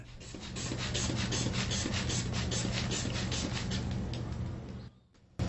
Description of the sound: The 126 over 84. Sounds from a platelets donation at the American Red Cross's New River Valley Donor Center in Blacksburg, Virginia. A blood pressure measurement.